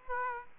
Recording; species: mosquito wingbeat signal from an infrared sensor; Aedes aegypti